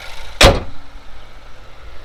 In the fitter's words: satisfying little click there but uh that's gonna pretty much wrap it up